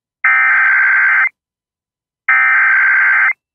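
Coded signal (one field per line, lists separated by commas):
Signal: Emergency Alert System (SAME) tones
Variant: header bursts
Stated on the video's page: Late relay of a particularly dangerous situation tornado warning.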